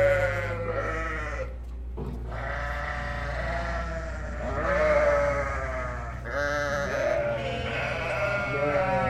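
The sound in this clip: Sheep bleating: several wavering, nasal bleats follow one another almost continuously, over a steady low hum.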